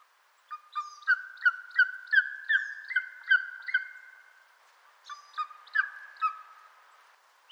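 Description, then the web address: Bird song of lower, clear whistled notes in a quick repeated run, a pause, then a shorter series of similar notes. "az brid sounds"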